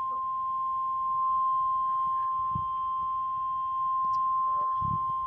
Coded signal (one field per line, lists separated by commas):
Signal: Emergency Alert System (SAME) tones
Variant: 1050 Hz attention tone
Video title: Severe Thunderstorm Warning on WTVE (EAS #58)